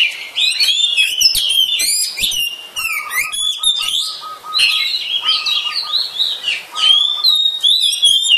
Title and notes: suara kacer. kumpulan suara burung kacer